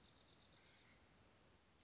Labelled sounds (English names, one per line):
Dark-eyed Junco